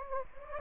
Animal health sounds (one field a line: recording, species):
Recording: mosquito wingbeat signal from an infrared sensor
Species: Anopheles gambiae